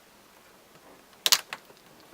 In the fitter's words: you'll hear it snap and